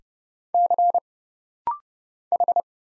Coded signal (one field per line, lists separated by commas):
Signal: Morse code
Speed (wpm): 29 wpm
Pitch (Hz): 700 Hz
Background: none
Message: C H